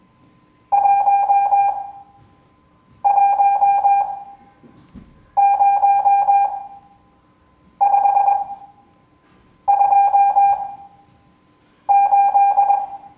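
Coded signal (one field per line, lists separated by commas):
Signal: Morse code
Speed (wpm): 21 wpm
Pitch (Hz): 800 Hz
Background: none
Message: 110528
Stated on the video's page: Morse code class lesson.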